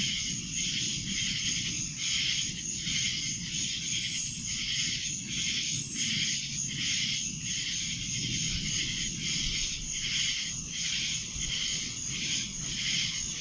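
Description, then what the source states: Cicadas in a dense droning chorus, a continuous high buzz that swells and eases in soft pulses, with a faint low rumble underneath. Recorded in Annapolis in July 2012; several cicadas.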